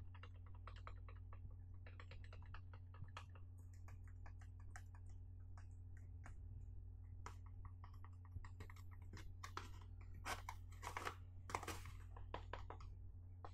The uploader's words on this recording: Box Tapping Overdose Mega Relaxing Binaural Sounds. Gusti found some boxes and decided to tap on them for you.